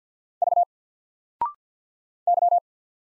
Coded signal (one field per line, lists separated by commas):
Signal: Morse code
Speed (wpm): 53 wpm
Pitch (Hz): 700 Hz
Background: none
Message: V Y